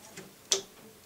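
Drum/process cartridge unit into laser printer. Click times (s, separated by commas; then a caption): 0.5 s. A drum unit, or process cartridge, is slid smoothly and evenly back into a laser printer until it locks into place. A faint tick comes at 0.2 s, then one sharp, loud click at 0.5 s as the unit seats.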